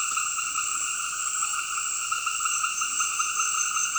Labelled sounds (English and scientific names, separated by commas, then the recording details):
none
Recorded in dense forest near Puerto Asís, Putumayo, Colombia, on 9 March 2025 at 18:00
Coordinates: 0.481, -76.323
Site G088